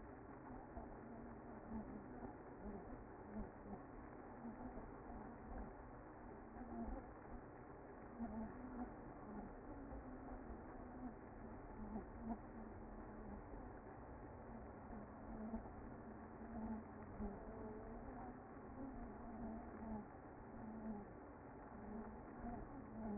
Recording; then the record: honeybee colony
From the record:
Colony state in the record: active